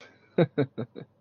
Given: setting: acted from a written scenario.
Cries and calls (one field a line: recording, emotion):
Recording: vocal sound without words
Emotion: pride